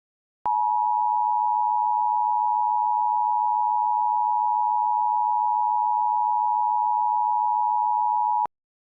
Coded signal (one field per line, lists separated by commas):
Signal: Emergency Alert System (SAME) tones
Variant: 853 and 960 Hz attention tone